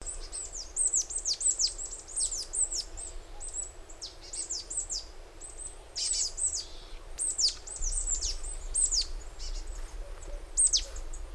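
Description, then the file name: Marsh tit calling: rapid series of thin, high downward-sweeping notes repeated almost continuously, with a low rumbling background. "Poecile palustris"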